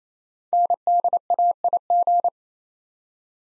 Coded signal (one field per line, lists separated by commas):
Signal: Morse code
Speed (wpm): 28 wpm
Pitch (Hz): 700 Hz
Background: none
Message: NDAIG